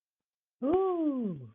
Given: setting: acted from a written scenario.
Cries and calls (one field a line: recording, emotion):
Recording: vocal sound without words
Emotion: interest